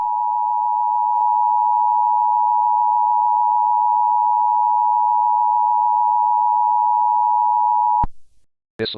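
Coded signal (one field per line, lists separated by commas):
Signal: Emergency Alert System (SAME) tones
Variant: 853 and 960 Hz attention tone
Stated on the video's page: Fictional analog horror EAS scenario, not a real alert.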